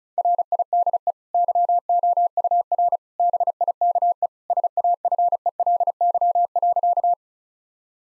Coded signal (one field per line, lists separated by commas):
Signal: Morse code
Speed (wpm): 34 wpm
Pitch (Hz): 700 Hz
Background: none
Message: RIDE YOUR BIKE SAFELY.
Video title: Easy Sentences with Hints - 35wpm